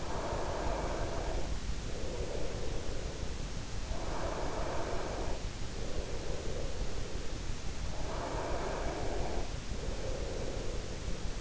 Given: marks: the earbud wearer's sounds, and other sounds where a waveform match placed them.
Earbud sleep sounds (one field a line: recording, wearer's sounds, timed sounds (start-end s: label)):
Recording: sounds in sleep by an in-ear microphone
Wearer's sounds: breath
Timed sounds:
0.00-3.24 s: breath
3.94-7.47 s: breath
7.94-11.41 s: breath